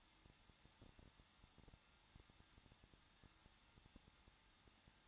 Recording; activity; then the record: daily activity, microphone in the room; no activity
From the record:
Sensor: 3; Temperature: 21.2 degrees Celsius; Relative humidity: 36.4%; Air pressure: 1006.3 hPa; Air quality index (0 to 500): 223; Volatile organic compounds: 43 ppm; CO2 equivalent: 3202 ppm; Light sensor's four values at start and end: 2/3/2/2 and 2/3/2/2